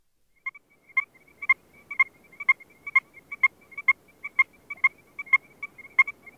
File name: strecker's chorus frog